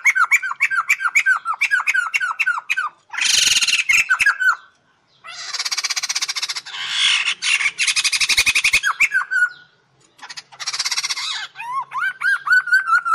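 Bird song alternating runs of rapid whistled slurred notes with extended harsh rasping rattles, repeated several times.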